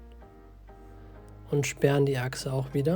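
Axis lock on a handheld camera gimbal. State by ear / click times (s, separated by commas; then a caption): not seated / none. Someone talks while handling the axis lock of a Zhiyun Weebill S handheld camera gimbal after the tilt axis has been turned 90 degrees down, with quiet music underneath. The lock is about to be engaged again, but nothing has seated or clicked yet.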